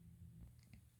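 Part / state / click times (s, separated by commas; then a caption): internal wires into plastic guide in game controller / not seated / none. While reassembling an Oculus Touch game controller, colored internal wires are pushed straight through their plastic guide so they will snap into place, with a low steady hum and a few faint ticks of handling, the sharpest near 0.7 s. Nothing has seated or snapped in yet.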